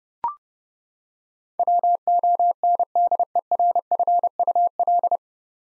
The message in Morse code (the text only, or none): WONDERFUL